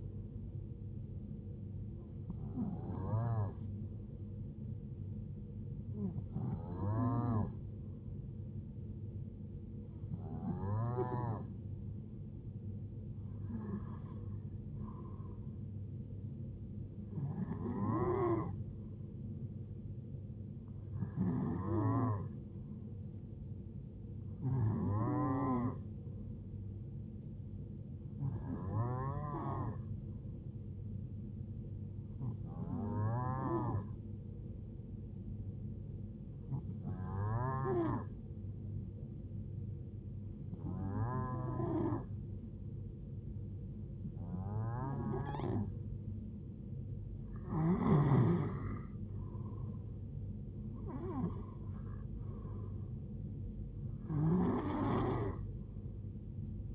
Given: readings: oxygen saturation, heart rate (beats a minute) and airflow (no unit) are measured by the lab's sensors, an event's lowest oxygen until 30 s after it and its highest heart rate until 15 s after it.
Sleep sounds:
breathing in sleep by a smartphone at the bedside; 1
6.00-36.00 s: new sleep stage, N1 (lightest sleep)
30.00-51.30 s: hypopnea (N1, oxygen 93% highest, then 91% lowest, heart rate 74 at the start, 76 highest)
36.00-56.75 s: new sleep stage, N2 (light sleep)
From the record:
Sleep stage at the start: N2 (light sleep); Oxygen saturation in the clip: 92 to 93%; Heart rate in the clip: 66 to 77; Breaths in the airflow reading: 16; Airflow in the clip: -5.4 to 4.8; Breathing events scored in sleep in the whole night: 389 in 6.3 hours asleep

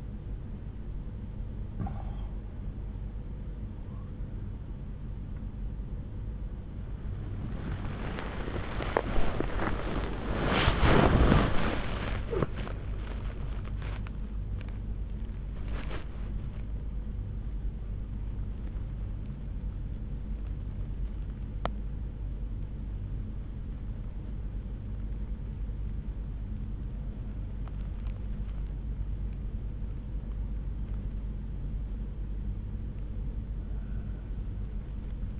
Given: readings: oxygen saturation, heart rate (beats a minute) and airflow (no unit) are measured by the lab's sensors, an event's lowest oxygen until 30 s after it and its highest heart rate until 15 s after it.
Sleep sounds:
a person awake in a sleep study, by a smartphone at the bedside; none
2.00-30.00 s: awake
26.00-35.40 s: new sleep stage, N1 (lightest sleep)
From the record:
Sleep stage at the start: awake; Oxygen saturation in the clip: 92 to 95%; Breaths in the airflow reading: 6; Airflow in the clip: -8.2 to 10.6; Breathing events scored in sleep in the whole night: 368 in 8.0 hours asleep

